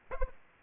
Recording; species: mosquito wingbeat signal from an infrared sensor; Aedes aegypti